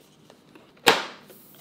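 A plastic end piece of a Swiffer WetJet mop handle is pushed into the next handle section, with a few faint handling taps around 0.3 s, 0.6 s and 0.8 s. A loud, sharp snap at 0.9 s marks the joint seating fully, and it rings briefly before fading out.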